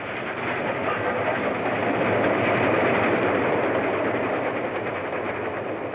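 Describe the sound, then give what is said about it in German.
A train rolls past with a steady, loud clatter of wheels on the rails, a dense rumbling roar that swells slightly in the middle and holds throughout, with no voices. “Ich schicke die Züge, die sie fortbringen, bald nach rechts, bald nach links.”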